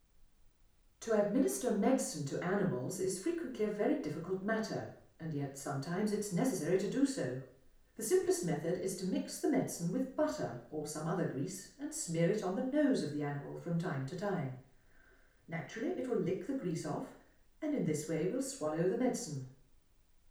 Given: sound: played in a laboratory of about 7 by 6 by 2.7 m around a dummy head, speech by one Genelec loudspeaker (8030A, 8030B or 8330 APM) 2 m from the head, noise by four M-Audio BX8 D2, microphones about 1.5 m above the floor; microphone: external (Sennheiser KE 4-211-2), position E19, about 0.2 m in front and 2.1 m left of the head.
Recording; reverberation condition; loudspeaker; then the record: female speech in English; medium; in front (0 degrees)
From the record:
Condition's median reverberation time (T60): about 510 ms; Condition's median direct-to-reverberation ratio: about -0.5 dB